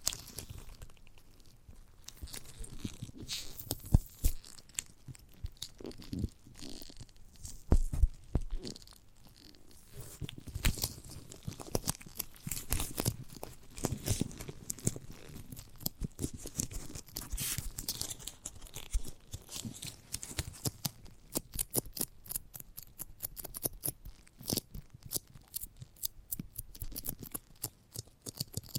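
Chewing and biting into a giant gummy bear, with a steady stream of sticky, squelchy mouth clicks and tearing sounds. Louder bites come around 4, 8 and 14 seconds, and from about 21 seconds the clicks turn quicker and crisper.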